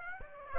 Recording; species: mosquito wingbeat signal from an infrared sensor; Aedes aegypti